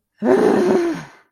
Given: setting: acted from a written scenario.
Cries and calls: vocal sound without words; anger

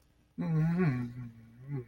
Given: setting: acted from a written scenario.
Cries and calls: vocal sound without words; shame

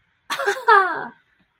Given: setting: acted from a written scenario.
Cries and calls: vocal sound without words; triumph

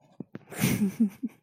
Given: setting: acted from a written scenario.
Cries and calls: vocal sound without words; amusement

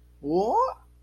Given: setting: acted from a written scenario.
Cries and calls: vocal sound without words; negative surprise

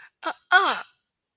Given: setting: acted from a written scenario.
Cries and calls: vocal sound without words; negative surprise

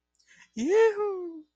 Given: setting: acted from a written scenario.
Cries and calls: vocal sound without words; triumph

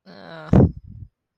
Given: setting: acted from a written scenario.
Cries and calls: vocal sound without words; neutral

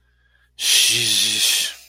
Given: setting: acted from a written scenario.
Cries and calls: vocal sound without words; guilt

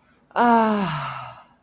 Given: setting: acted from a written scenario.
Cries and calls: vocal sound without words; ecstasy

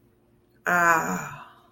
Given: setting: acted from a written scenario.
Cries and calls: vocal sound without words; serenity

